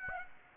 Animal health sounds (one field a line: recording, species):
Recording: mosquito wingbeat signal from an infrared sensor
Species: Aedes aegypti